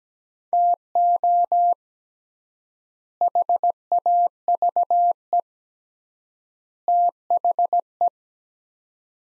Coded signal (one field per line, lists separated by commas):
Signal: Morse code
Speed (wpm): 17 wpm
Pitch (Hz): 700 Hz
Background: none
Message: TO HAVE THE